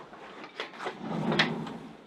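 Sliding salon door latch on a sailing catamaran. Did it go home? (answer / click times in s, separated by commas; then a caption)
no / none. The sliding salon door on a Leopard 45 sailing catamaran is moved along its track and gives a single knock at 0.6 s, followed by a soft sliding rumble. The latch does not catch and nothing clicks, so the door stays free to slide back and forth underway.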